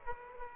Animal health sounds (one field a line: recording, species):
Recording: mosquito wingbeat signal from an infrared sensor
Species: Aedes aegypti